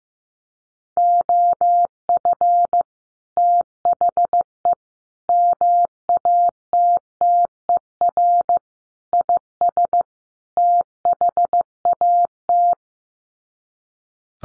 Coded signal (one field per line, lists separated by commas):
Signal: Morse code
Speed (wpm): 15 wpm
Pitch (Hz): 700 Hz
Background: none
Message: OF THE MATTER IS THAT